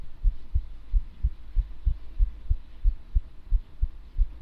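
Steady paired lub-dub heartbeat at about 90 beats a minute, heard as low muffled thumps close to the chest of an adult.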